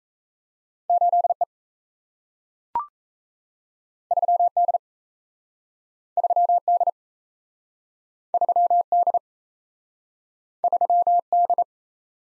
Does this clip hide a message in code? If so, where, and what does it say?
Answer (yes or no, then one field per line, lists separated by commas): yes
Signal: Morse code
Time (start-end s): 0.9-11.6 s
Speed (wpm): 38 wpm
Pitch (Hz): 700 Hz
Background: none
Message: 8E 3D 3D 3D 3D